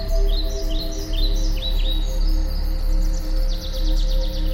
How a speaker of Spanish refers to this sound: Le encantaba escuchar los cantos de los pájaros y los sonidos del bosque.